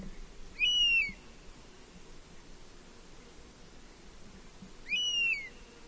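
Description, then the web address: European honey buzzard giving two plaintive whistled calls, each arching up then down, about four seconds apart over a soft steady background hiss. "honey buzzard bird call"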